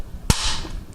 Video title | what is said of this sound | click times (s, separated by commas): LAR15 Mag Extensions - Are They Worth It?? | push that thing over till it clicks | 0.3 s